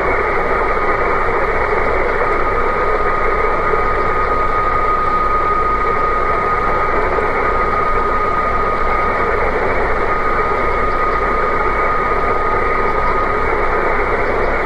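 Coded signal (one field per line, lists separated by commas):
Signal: PSK31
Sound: a single steady, slightly warbling tone around 1.2 kHz under continuous hiss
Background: radio static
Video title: A61BK PSK31 12M PC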